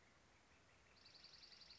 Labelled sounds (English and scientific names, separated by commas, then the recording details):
Northern Flicker (Colaptes auratus)
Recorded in Sonoma County, California